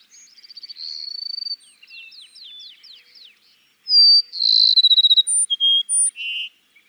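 Cassin's sparrow song: a soft whistle and rapid trill, then a loud phrase of a long high note, a fast trill, short high and lower notes and a buzzy ending.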